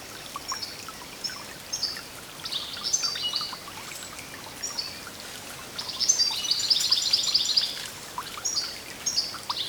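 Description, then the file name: European goldfinch calls: high, thin twittering chirps, scattered, with a quick tinkling run. "Carduelis carduelis"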